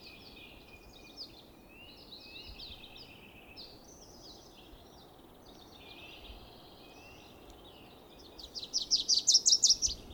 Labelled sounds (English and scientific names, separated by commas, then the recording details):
Wilson's Warbler (Cardellina pusilla) song
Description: Wilson's Warbler song recorded at the Alluvial Fan in Rocky Mountain National Park
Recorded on 19 May 2016